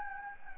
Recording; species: mosquito wingbeat signal from an infrared sensor; Anopheles gambiae